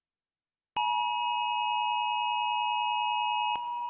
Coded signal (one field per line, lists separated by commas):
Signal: Emergency Alert System (SAME) tones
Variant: 853 and 960 Hz attention tone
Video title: EAS Scenario #14 - World War SCP